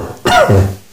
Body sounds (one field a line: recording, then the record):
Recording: coughing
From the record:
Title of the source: Mid-morning Winter Coughing Fit